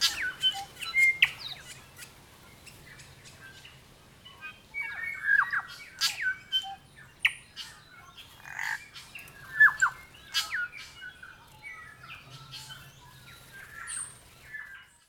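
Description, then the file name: New Zealand bellbird song: a busy, uneven run of ringing notes, sharp clicks and harsh squawky bursts, continuing for most of the time before fading out. "Nzbellbirdkorimako"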